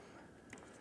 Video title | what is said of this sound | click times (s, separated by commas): Qube Technologies Axon Device Assembly & Installation | And when positioned correctly, they can be pushed up into the device and you'll hear a quick click | 0.5 s